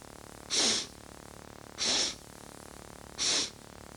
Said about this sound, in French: On recommence, inspiration abdominale uniquement, en reniflant, 3 fois.